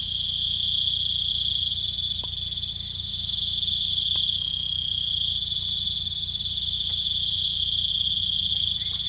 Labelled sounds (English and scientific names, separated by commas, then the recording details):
none
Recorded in pastures near Puerto Asís, Putumayo, Colombia, on 18 December 2024 at 21:30
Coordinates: 0.472, -76.331
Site GP02